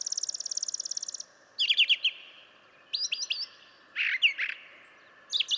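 Brown Thrasher singing: opens with a fast dry rattle, then paired and grouped sweeping notes in separate bursts with pauses between.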